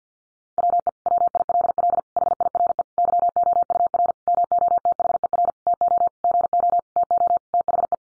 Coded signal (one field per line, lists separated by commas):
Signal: Morse code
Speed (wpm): 50 wpm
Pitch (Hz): 700 Hz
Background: none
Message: WE WILL HIRE YOUR MOTHER TO GO TO THE